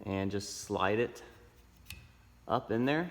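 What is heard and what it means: A new wiper blade end is slid up onto the windshield wiper arm hook of a 2007–2011 Honda CR-V while someone talks, with a brief faint tick near 1.9 s. The clip ends before the blade clicks into place; nothing has seated yet.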